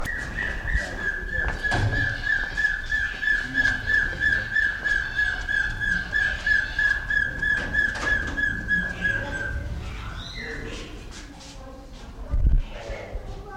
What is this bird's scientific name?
Burhinus capensis